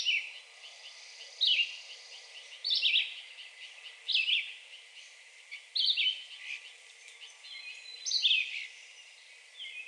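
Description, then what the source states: Red-eyed Vireo song: short slurred whistled phrases separated by short pauses, over a noisy background with faint other high notes. Recorded 2 June 2020.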